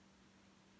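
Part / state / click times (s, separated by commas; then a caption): metal snap clip of a hair extension closing onto hair / not seated / none. A metal snap clip on a clip-in hair extension is handled on the hair, but it has not yet snapped shut and nothing has clicked or seated. Only a steady broadband hiss with a constant low hum near 200 Hz is heard, with no sharp sounds.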